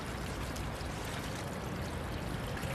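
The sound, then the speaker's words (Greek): Water pours steadily onto dry soil, a continuous hissing, splashing rush that holds even for about three seconds with no pauses and no voices. “Έχει ξεραθεί το χώμα. Έχει πάρει αυτό ό,τι χρειάζεται. Εσύ δεν το βλέπεις. Ξέρει να επιβιώνει. Λίγο νεράκι το θέλει.”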